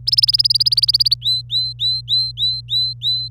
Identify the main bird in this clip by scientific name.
Serinus canaria